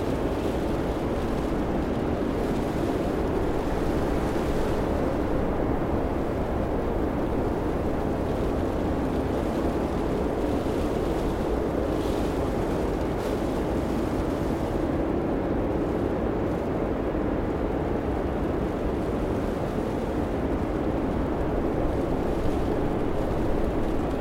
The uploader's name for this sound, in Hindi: स्नो ब्लिज़ार्ड | कार के कोकून में प्राकृतिक श्वेत शोर